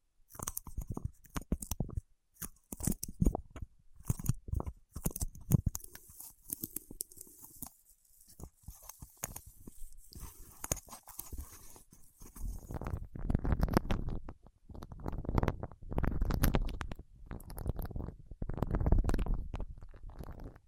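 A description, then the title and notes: Fingertips work against wax in irregular sticky taps, peels and crackles with short gaps between them. The first half is sparse, with bright clicking bursts. After about twelve seconds the touches grow denser and louder, with squishy low rumbling presses that swell and fade. ASMR with Wax Fingertips for Sleep (No Talking).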